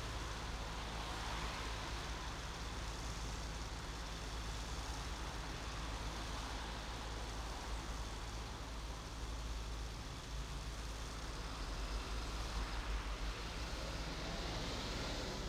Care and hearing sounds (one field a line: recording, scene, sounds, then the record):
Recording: everyday scene through a hearing-aid microphone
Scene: in traffic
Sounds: traffic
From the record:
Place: main city hub, rush hour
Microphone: in the ear canal, right